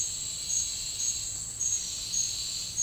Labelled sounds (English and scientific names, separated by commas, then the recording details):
none
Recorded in dense forest near Puerto Asís, Putumayo, Colombia, on 19 March 2025 at 10:00
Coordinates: 0.485, -76.318
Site G056